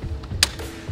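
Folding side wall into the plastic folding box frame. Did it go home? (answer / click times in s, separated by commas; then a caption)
yes / 0.4 s. A side wall of a BigAnt plastic folding storage box is unfolded and snaps into its locked upright position at 0.4 s with a sharp, loud click over soft background music, after a faint tick at 0.2 s. The click signals the wall has gone all the way in and is seated.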